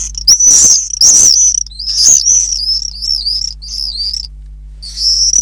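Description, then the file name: Common swift screams, loud shrill buzzy bursts with sharp clicks, then a series of wavering trills, over a steady low hum. "apus apus"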